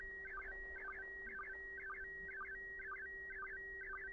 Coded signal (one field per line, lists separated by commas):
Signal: SSTV (slow-scan television)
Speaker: Here we go. Oh yeah, this one's coming in nicely.